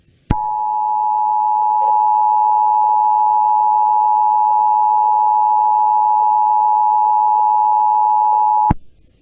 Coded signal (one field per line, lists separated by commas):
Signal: Emergency Alert System (SAME) tones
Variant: 853 and 960 Hz attention tone